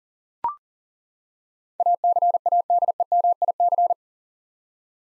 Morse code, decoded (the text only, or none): ACADEMIC